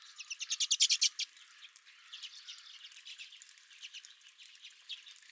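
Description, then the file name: Redpoll calls open with a loud burst of quick, sharp chips in the first second, then fade into softer, scattered twittering from several birds. Redpolls at the recordist's feeder. "Redpolls at My Feeder"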